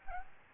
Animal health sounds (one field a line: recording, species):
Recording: mosquito wingbeat signal from an infrared sensor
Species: Aedes aegypti